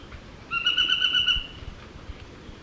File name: Scytalopus vicinior - Narino Tapaculo